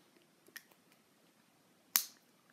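A tight snap-fit cap is pulled off a fountain pen barrel, and it is hard to remove. A few faint ticks come first, then a sharp, loud click at 1.9 s as the cap releases, with a brief bright ring that fades out.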